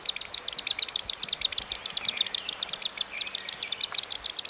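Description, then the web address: Common sandpiper calling in a rapid run of high, thin piping notes, broken by brief pauses. "soud perevozchik"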